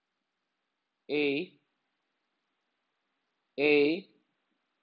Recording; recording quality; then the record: sustained vowel as in made; excellent, no background noise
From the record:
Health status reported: healthy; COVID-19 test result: negative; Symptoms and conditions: none ticked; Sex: male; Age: 23 years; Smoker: not ticked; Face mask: not worn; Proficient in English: yes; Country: India